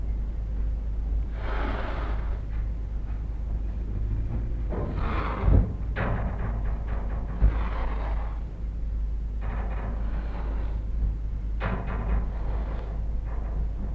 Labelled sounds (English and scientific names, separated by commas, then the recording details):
Clouded Leopard (Neofelis nebulosa)
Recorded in captivity
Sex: diverse
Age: adult
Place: Tierpark Berlin, Berlin, DE
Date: 1960-12-28 14:00
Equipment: Minifon, Kopie Smaragd
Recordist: Tembrock, Günter